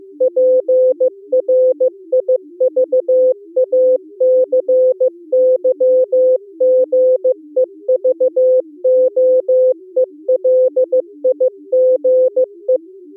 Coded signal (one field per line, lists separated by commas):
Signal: Morse code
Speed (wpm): 15 wpm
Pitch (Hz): 510 Hz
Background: music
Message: PRIVACYGEVOELIGE